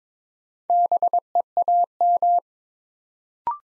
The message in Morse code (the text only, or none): BEAM